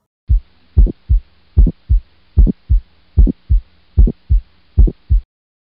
An ejection click is usually appreciated at the apex of the heart and is reflective of aortic stenosis, usually if there's a bicuspid aortic valve as well.